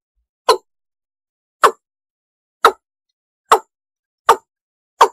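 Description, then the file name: Six short, plopping East Asian bullfrog croaks, spaced roughly one per second, with nothing else audible. "tieng ga dong"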